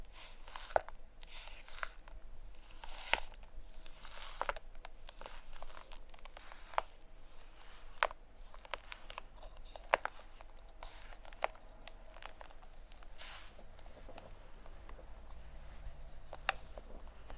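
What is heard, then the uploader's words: Shaving cream and plastic wrap being handled, with soft continuous brushing and rustling, and scattered sharp crinkles and taps every second or two. ASMR Playing With Shaving Cream (Plastic Wrap, Brushing, Massage, Crinkles).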